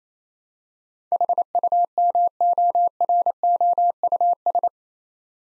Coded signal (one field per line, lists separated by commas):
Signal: Morse code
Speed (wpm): 27 wpm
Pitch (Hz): 700 Hz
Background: none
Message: HUMOROUS